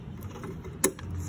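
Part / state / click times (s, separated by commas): H7 LED bulb into headlight housing / seated / 0.8 s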